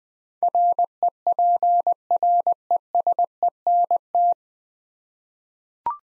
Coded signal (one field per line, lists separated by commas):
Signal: Morse code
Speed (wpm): 20 wpm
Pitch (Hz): 700 Hz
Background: none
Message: REPRESENT